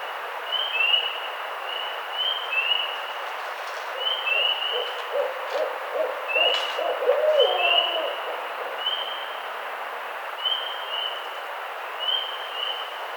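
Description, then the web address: Barred owl hooting, a burst of low wavering hoots midway, while high thin whistled notes repeat every second or so throughout over a steady hiss. Recorded on 18 April 2009. "Barred Owl 2009 04 18 Barred Owl 01"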